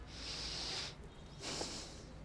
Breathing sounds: one breath in and out by a microphone near the nose and mouth; deep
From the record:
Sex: male

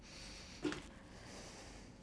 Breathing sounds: one breath in and out by a microphone near the nose and mouth; deep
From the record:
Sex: male

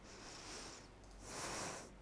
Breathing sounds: one breath in and out by a microphone near the nose and mouth; deep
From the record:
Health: marked as sick, illness not named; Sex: female

